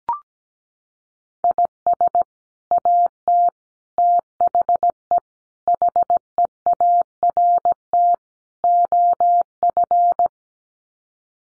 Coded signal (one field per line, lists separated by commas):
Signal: Morse code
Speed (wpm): 17 wpm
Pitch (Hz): 700 Hz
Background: none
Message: IS AT THE HEART OF